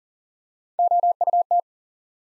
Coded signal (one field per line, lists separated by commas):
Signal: Morse code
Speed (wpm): 42 wpm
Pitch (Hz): 700 Hz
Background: none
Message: OUT